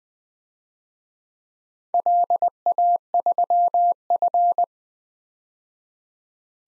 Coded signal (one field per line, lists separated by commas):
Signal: Morse code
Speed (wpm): 20 wpm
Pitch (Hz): 700 Hz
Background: none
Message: LA3F